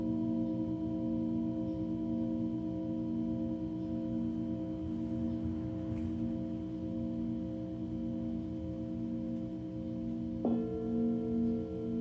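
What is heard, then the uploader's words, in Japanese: A singing bowl hums with a steady, pulsing low drone and sustained ringing tones, and a new bright strike enters near ten seconds. メキシコから シンギングボウルのサウンドヒーリング ライブ。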